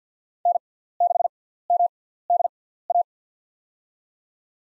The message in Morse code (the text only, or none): N6MDA